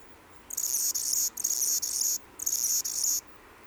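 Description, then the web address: Anna's hummingbird song: three scratchy, buzzy, very high-pitched phrases in quick succession, separated by brief pauses, over a quiet background. "xeno-canto colibri d anna"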